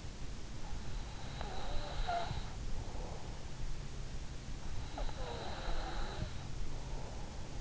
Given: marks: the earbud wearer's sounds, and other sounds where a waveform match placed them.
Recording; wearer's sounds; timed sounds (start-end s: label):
sounds in sleep by an in-ear microphone; breath
1.19-3.25 s: breath
4.73-7.61 s: breath